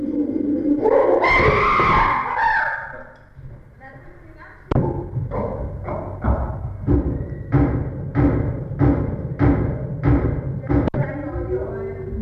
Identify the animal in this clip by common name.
Chimpanzee